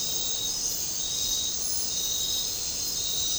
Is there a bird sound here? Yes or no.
no